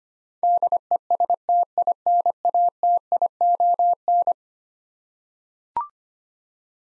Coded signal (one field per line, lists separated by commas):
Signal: Morse code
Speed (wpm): 25 wpm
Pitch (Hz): 700 Hz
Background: none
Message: DESTINATION